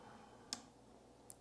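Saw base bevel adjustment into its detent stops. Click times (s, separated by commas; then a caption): 0.5 s, 1.3 s. The bevel of a cordless Bosch 18V PROFACTOR 7-1/4" Strong Arm circular saw (GKS18V-25) is tilted on its shoe base through the positive detent stops at 22.5 and 45 degrees. Each stop gives a small, sharp metal click, at 0.5 s and 1.3 s, over a quiet background. The bevel seats into each stop.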